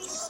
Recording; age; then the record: pig call; piglet (1 to 25 days)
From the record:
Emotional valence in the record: negative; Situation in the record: fighting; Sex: male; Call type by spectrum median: high-frequency call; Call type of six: mixed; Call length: 0.30 s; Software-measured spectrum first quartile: 1042 Hz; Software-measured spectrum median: 4796 Hz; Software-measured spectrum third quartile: 6621 Hz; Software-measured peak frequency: 656 Hz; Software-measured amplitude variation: 114 dB a second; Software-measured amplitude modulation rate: 21.9 a second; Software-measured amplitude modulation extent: 5.2 dB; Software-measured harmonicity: 3.8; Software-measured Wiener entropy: -1.90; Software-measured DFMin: 795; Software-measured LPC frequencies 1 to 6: 626, 1254, 2948, 3695, 5772, 6426 Hz